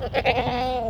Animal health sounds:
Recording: contact call of a hoofed animal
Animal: goat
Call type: low-frequency (closed-mouth) or high-frequency (open-mouth) call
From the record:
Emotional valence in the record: negative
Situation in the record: short social isolation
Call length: 0.90 s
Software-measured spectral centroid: 1840 Hz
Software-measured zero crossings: 1640 a second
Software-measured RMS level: -24 dBFS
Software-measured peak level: -6 dBFS

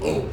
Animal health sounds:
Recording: contact call of a hoofed animal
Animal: pig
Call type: closed-mouth grunt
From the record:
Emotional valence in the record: positive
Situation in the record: food and toys in familiar pen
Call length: 0.33 s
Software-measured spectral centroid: 2200 Hz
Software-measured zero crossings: 1090 a second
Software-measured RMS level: -24 dBFS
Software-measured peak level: -12 dBFS

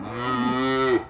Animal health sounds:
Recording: contact call of a hoofed animal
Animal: cattle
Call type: low-frequency (closed-mouth) or high-frequency (open-mouth) call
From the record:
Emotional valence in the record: positive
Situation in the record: visual reunion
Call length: 1.10 s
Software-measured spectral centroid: 1580 Hz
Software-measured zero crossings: 1750 a second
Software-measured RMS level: -24 dBFS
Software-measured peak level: -10 dBFS

